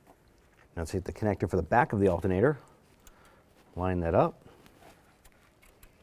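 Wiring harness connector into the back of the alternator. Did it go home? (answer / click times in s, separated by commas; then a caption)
no / none. Someone talks while the wiring harness connector is lined up with the plastic socket on the back of the alternator of a 2011-2018 Volkswagen Jetta, followed by only faint, quiet handling ticks near 3.1, 4.7 and 5.3–5.8 s. The plug is being handled but is not yet home; nothing has seated or clicked yet.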